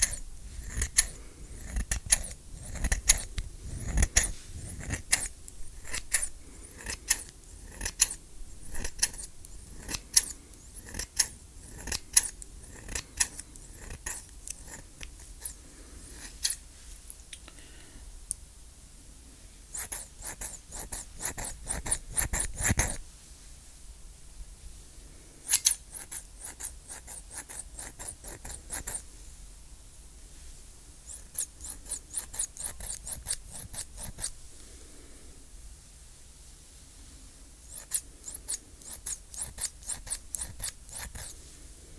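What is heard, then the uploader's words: Scissors snip and cut cord in quick bursts of sharp, bright clicks, densest in the first twenty seconds and returning in clusters around 25, 30 and 38 seconds. Quieter gaps with faint rustling separate the bursts, and a few louder thuds stand out. Plucking, cord cutting and scissors.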